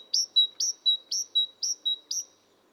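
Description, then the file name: Great tit calling with a quick run of high two-part whistled notes, each sliding down to a level tone, repeated evenly. "Parus major"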